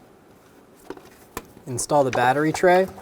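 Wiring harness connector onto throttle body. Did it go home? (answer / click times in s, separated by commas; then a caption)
yes / 1.4 s. A wiring harness connector is pushed onto the throttle body of a 2011-2014 Hyundai Sonata during starter replacement, with two faint ticks at 0.9 and 1.0 s before a sharp click at 1.4 s as it locks on. The connector is seated and then pulled on to check that it is locked, after which someone talks.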